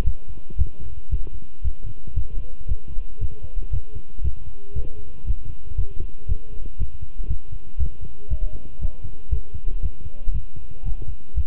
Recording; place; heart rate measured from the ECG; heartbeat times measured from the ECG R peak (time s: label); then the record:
heart sounds by stethoscope; between the tricuspid and mitral areas; 117 bpm
0.06 s: heartbeat
0.58 s: heartbeat
1.11 s: heartbeat
1.64 s: heartbeat
2.16 s: heartbeat
2.68 s: heartbeat
3.21 s: heartbeat
3.72 s: heartbeat
4.24 s: heartbeat
4.75 s: heartbeat
5.27 s: heartbeat
5.77 s: heartbeat
6.28 s: heartbeat
6.79 s: heartbeat
7.29 s: heartbeat
7.79 s: heartbeat
8.30 s: heartbeat
8.81 s: heartbeat
9.31 s: heartbeat
9.82 s: heartbeat
10.34 s: heartbeat
10.85 s: heartbeat
11.36 s: heartbeat
From the record:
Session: walking at 3.7 km/h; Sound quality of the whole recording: good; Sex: male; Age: 25 years